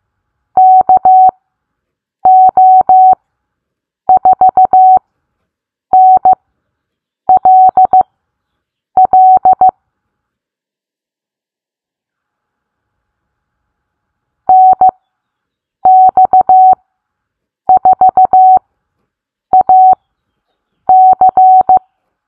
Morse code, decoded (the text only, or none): KO4NLL NX4AC